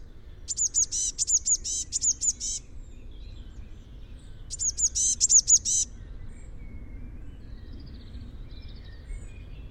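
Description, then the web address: Eurasian blue tit giving two bursts of rapid high buzzy notes, the first lasting about two seconds and the second shorter, separated by quiet, with low background noise throughout. "Deverinetal 2025 File origin Bird Only Cy Ca"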